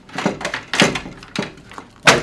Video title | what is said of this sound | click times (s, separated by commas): Brian of Jerry Kelly HVAC Explains the Aprilaire 600 Humidifier.mp4 | in order to put this water panel back in it just snaps right in here | 0.7 s